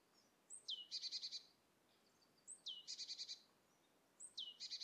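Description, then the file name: Great tit calls three times, roughly every two seconds: a bright falling whistle leading straight into a fast, scratchy rattle of several notes. "Parus major"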